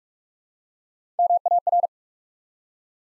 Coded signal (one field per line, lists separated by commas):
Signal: Morse code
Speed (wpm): 44 wpm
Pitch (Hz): 700 Hz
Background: none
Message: MAR